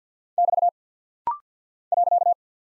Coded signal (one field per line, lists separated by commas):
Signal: Morse code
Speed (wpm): 48 wpm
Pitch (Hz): 700 Hz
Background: none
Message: <BT> .